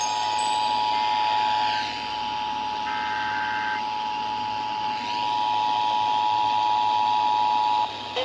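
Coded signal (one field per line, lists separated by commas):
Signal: Emergency Alert System (SAME) tones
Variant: 853 and 960 Hz attention tone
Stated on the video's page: EAS tests.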